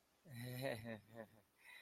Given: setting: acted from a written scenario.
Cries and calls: vocal sound without words; embarrassment

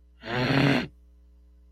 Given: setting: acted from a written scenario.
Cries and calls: vocal sound without words; confusion

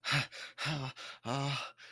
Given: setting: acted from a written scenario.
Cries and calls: vocal sound without words; distress

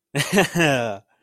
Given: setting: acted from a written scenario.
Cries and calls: vocal sound without words; triumph

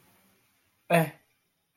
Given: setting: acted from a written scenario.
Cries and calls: vocal sound without words; embarrassment

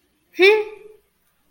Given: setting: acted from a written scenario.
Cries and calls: vocal sound without words; neutral

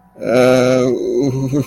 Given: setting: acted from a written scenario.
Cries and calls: vocal sound without words; embarrassment

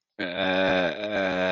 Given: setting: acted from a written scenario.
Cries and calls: vocal sound without words; confusion

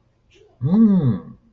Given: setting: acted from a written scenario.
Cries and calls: vocal sound without words; realization

